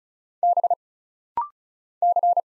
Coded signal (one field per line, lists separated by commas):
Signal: Morse code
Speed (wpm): 36 wpm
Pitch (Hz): 700 Hz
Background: none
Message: B C